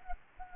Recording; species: mosquito wingbeat signal from an infrared sensor; Anopheles gambiae